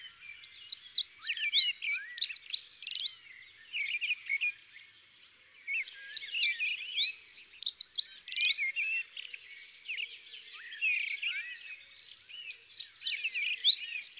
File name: Accenteur mouchet ABC des chants doiseaux